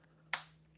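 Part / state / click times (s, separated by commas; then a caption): screwdriver bit into a stubby screwdriver's bit holder / seated / 0.3 s. A metal bit is pushed down past the second detent mark into the bit holder of a Klein ratcheting impact stubby screwdriver. After quiet with a faint low hum, a single sharp, bright click snaps out at 0.3 s and decays over about two tenths of a second. The bit seats firmly in the holder.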